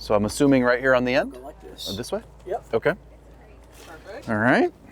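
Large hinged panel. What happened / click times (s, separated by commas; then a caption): The bed panel is being positioned but has not locked yet / none. Someone talks while the drop-down bed of a 2025 Wingamm Oasi 540.1 mini Class B RV, with a second mattress laid on top of the main mattress, is handled toward its locked stowed position in the RV ceiling. There are soft handling sounds under the voices, and nothing has locked or clicked into place yet.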